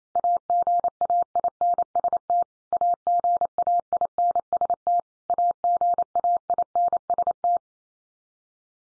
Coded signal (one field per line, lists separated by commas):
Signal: Morse code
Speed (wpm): 28 wpm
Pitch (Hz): 700 Hz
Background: none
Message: AGAINST AGAINST AGAINST